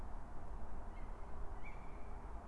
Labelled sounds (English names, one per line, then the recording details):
Tawny Owl
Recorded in Germany
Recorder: ecoPi